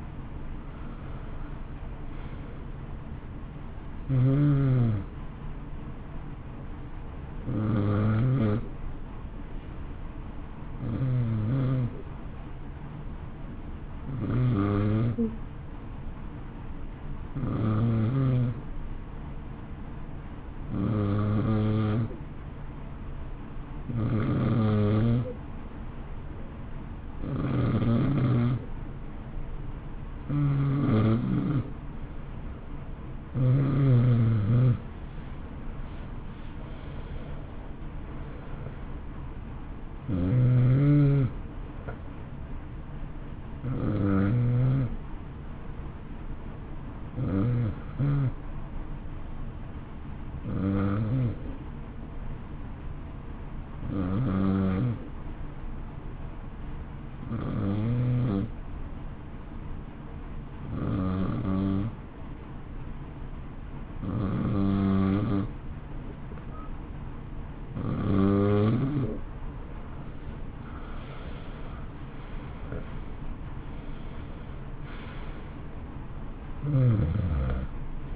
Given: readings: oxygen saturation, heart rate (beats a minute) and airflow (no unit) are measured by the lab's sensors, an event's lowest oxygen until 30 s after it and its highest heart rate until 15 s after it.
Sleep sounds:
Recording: breathing in sleep by a smartphone at the bedside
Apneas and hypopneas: 2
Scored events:
9.00-31.00 s: hypopnea (N2, oxygen 93% highest, then 89% lowest, heart rate 57 at the start, 67 highest)
31.00-78.16 s: new sleep stage, N1 (lightest sleep)
47.00-70.10 s: hypopnea (N1, oxygen 93% highest, then 88% lowest, heart rate 58 at the start, 67 highest)
From the record:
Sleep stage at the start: N2 (light sleep)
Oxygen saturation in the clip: 89 to 93%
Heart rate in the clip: 55 to 67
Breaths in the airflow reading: 24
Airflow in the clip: -13.6 to 13.4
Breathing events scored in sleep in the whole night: 328 in 6.3 hours asleep

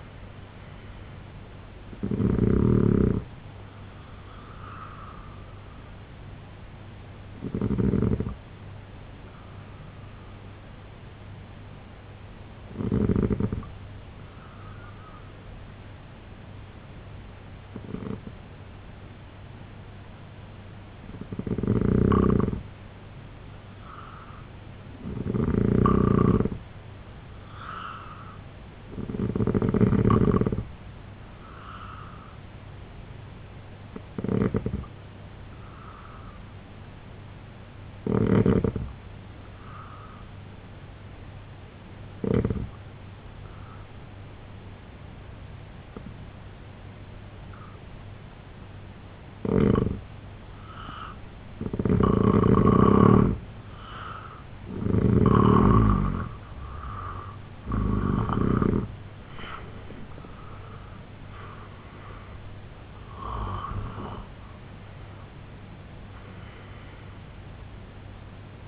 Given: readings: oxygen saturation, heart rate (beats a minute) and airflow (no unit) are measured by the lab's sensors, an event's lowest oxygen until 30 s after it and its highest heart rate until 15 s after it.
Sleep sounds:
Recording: breathing in sleep by a voice recorder at the bedside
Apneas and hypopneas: 2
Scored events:
7.00-25.90 s: hypopnea (N2, oxygen 95% highest, then 88% lowest, heart rate 67 at the start, 75 highest)
36.00-50.80 s: hypopnea (N2, oxygen 90% highest, then 85% lowest, heart rate 71 at the start, 98 highest)
From the record:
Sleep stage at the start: N2 (light sleep)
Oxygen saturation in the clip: 85 to 95%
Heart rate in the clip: 66 to 98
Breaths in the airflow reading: 15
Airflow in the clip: -12.0 to 9.8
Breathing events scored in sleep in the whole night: 258 in 7.4 hours asleep

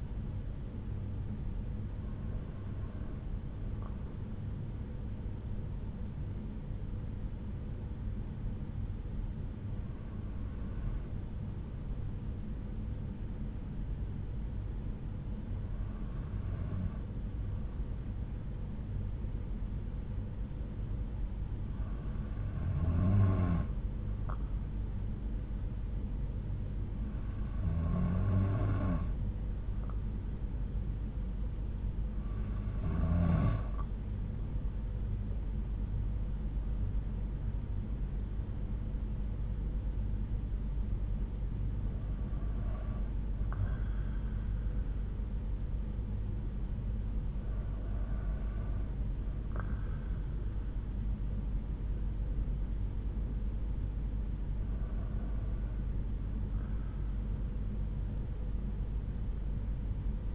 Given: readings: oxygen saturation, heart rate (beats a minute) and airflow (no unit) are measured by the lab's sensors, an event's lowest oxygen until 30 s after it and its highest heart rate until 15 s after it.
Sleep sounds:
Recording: breathing in sleep by a smartphone at the bedside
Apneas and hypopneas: 1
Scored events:
10.00-35.40 s: hypopnea (N2, oxygen 95% highest, then 93% lowest)
From the record:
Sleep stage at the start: N2 (light sleep)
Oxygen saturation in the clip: 93 to 95%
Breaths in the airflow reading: 11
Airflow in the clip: -6.8 to 7.6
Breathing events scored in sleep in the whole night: 368 in 8.0 hours asleep

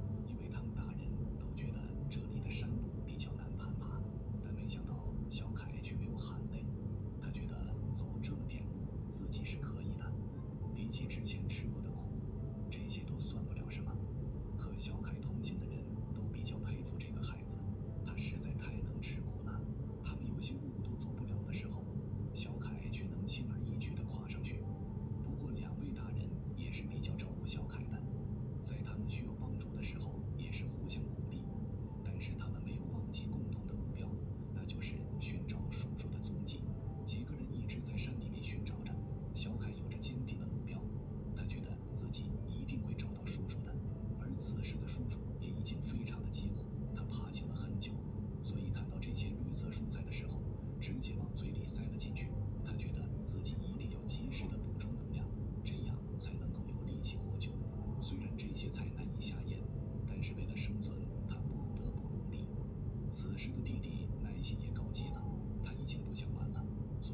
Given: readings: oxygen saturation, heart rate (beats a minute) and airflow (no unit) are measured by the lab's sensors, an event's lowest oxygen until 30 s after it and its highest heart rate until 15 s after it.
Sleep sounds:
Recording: a person awake in a sleep study, by a smartphone at the bedside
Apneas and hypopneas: none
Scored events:
0.00-67.14 s: awake
From the record:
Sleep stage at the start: awake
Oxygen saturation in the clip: 93 to 96%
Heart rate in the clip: 74 to 81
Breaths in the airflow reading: 15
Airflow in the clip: -5.7 to 6.3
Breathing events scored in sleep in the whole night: 131 in 7.2 hours asleep

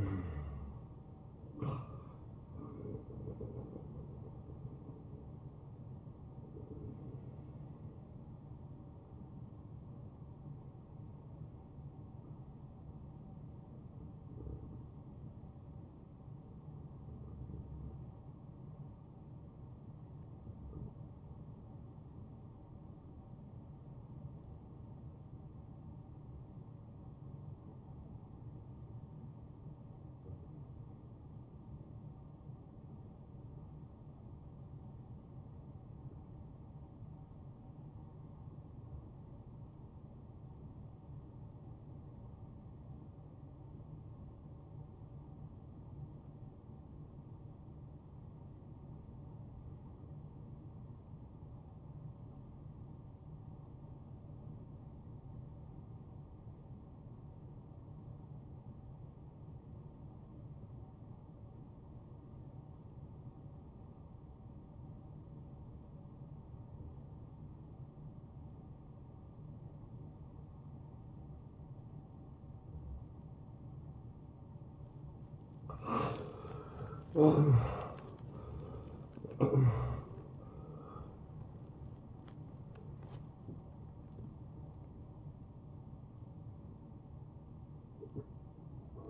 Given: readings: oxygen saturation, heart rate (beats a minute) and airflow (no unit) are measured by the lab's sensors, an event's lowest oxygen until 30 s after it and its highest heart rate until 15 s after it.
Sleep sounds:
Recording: breathing in sleep by a smartphone at the bedside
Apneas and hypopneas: 1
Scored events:
13.00-73.00 s: new sleep stage, REM sleep
18.00-75.50 s: hypopnea (REM, oxygen 92% highest, then 63% lowest)
73.00-89.10 s: new sleep stage, N1 (lightest sleep)
From the record:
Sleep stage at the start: N1 (lightest sleep)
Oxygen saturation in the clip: 63 to 92%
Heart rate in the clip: 73 to 94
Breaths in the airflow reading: 12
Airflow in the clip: -18.1 to 10.8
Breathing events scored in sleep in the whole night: 263 in 5.5 hours asleep

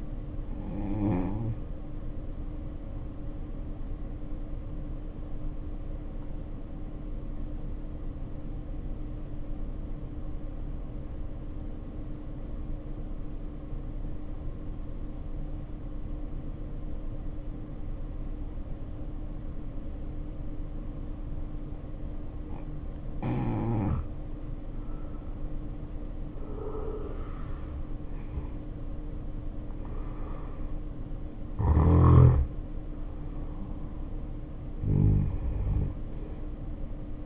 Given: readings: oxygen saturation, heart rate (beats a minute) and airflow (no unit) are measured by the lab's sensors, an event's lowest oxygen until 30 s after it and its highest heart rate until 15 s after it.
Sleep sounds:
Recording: breathing in sleep by a smartphone at the bedside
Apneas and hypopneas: 1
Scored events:
8.00-24.30 s: obstructive apnea (N1, oxygen 94% highest, then 75% lowest, heart rate 58 at the start, 73 highest)
From the record:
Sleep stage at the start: N1 (lightest sleep)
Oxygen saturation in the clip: 77 to 94%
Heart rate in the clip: 51 to 73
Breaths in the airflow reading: 5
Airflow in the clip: -9.1 to 9.2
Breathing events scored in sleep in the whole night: 520 in 7.2 hours asleep

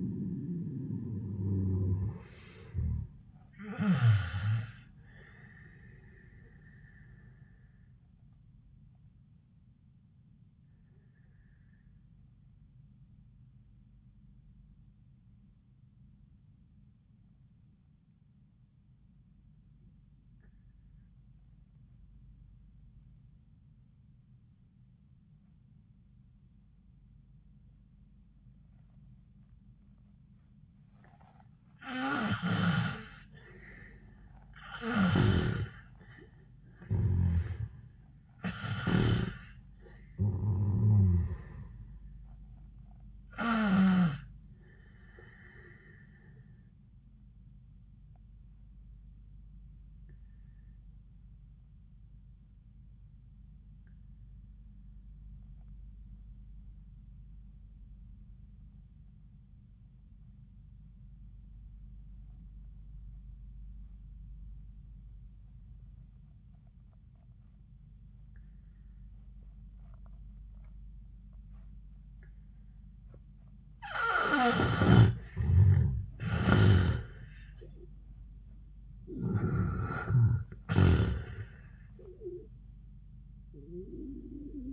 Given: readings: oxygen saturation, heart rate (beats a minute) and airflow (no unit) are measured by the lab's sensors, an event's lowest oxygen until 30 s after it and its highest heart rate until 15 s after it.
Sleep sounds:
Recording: breathing in sleep by a smartphone at the bedside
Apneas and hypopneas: 2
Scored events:
10.00-35.60 s: obstructive apnea (N1, oxygen 96% highest, then 78% lowest, heart rate 78 at the start, 94 highest)
47.00-77.00 s: new sleep stage, awake
48.00-74.80 s: obstructive apnea (scored as awake, oxygen 97% highest, then 78% lowest, heart rate 88 at the start, 100 highest)
48.00-77.00 s: awake
77.00-84.73 s: new sleep stage, N1 (lightest sleep)
From the record:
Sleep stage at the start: N1 (lightest sleep)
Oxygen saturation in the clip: 72 to 97%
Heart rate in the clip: 68 to 100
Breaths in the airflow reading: 5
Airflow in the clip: -21.3 to 13.6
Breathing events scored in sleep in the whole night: 400 in 8.7 hours asleep

